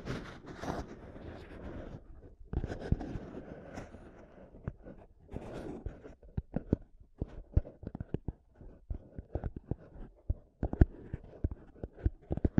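Mic tapping and scratching sounds, with dense scraping bursts in the first six seconds, pausing near two and four seconds. After that the sound breaks into sharp, irregular taps and knocks, some loud, with short silences between them and a low thumping underneath.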